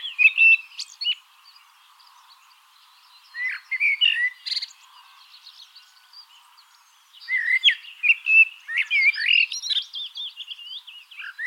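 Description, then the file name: Common blackbird: warbling song phrases of fluty slides and squeaky high notes, a quiet gap of a few seconds, then a longer busy stretch of twittering warbles. "Turdus merula"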